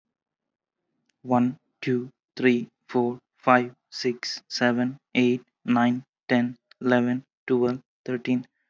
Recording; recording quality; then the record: counting at a normal pace; excellent, no background noise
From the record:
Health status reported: exposed to COVID-19, no respiratory illness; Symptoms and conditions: hypertension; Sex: male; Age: 25 years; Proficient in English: yes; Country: India